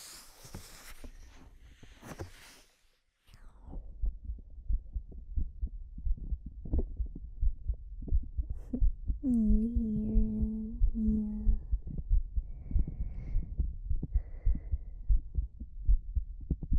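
Steady, muffled low thumps at roughly 90 beats a minute, an adult woman's heartbeat heard through a microphone pressed against her chest. Rustling handling noise opens the clip, and a soft hummed tone briefly sounds midway.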